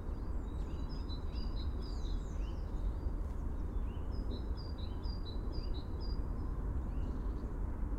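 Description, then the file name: Dunnock calling with strings of high, thin piping notes, some in quick series, with faint sweeping chirps mixed in and a steady low rumble beneath. "Prunella modularis - Dunnock"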